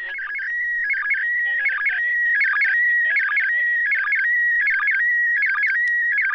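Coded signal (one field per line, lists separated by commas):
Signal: SSTV (slow-scan television)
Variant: PD180 mode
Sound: warbling, rapidly stepping tone with steady whistle stretches and brief low dips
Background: radio static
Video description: An example of SSTV (slow-scan television) transmission being received on a ham radio, 2m band (145,800mhz). The signal has to be decoded with a software on a PC - used MMSSTV (coding PD180).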